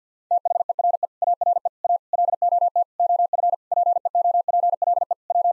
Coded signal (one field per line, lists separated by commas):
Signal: Morse code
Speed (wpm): 50 wpm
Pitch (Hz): 700 Hz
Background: none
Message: THERE ARE A LOT OF PEOPLE W